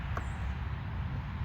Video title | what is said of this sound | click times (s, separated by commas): How To Replace The Taillights On Your 2006-2010 Jeep Commander Limited 5.7 4x4. | it is. Locked in, locked in, locked in. | 0.2 s